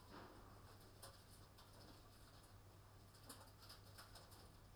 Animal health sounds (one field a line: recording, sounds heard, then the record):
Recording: poultry house recording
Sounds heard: no chicken sound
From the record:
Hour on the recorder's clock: 20